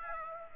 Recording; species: mosquito wingbeat signal from an infrared sensor; Aedes aegypti